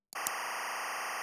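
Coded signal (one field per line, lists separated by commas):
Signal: timecode audio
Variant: SMPTE LTC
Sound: abrupt harsh continuous buzzing warble, like a raspy square-wave drone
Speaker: Let's play it back in the source monitor. That awful sound is the timecode.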